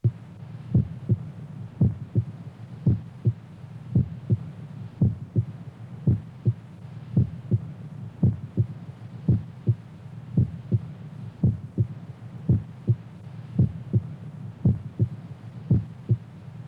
Heart Beat.